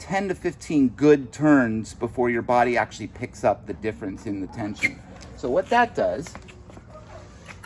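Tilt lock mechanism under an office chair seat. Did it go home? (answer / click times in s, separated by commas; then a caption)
released / 7.6 s. A man talks for most of the clip about the tilt tension on a Herman Miller Classic Aeron office chair. Near the end, the tilt lock mechanism under the seat is unlocked, giving a small, sharp click at 7.6 s as it releases.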